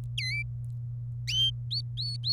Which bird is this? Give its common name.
Domestic Canary